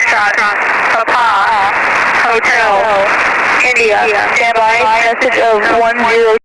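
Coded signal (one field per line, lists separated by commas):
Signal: coded military voice message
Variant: Emergency Action Message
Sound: a voice over single-sideband radio reading a message, with steady hiss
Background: radio static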